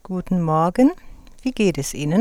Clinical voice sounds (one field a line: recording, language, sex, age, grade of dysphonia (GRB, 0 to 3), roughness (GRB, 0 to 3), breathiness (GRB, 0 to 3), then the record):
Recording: spoken sentence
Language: German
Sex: female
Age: 50 to 59 years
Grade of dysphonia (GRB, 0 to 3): 0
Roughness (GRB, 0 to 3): 0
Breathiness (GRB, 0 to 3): 0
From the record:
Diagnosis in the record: healthy voice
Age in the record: 55 years